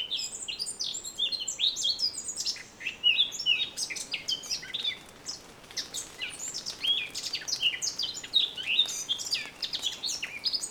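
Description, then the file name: Eurasian blackcap warbling steadily, a continuous stream of quick high notes and short chirps with hardly any pauses. "Sylvia atricapilla"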